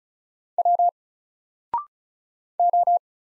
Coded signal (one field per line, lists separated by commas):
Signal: Morse code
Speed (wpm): 33 wpm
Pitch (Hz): 700 Hz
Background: none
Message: W O